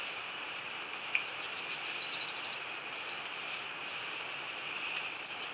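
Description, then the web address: Tricolored brush-finch song: a high thin whistle followed by a rapid run of buzzy, sweeping notes lasting about two seconds, then another high note starting near the end. Ecuador. "Birds of Ecuador. Tricolored Brush-Finch"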